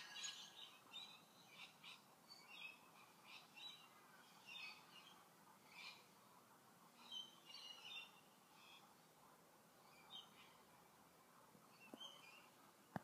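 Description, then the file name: Bird chirps, quiet and high, come in short clustered bursts every second or two, with a soft hiss behind them and a click at the end. "Tweets"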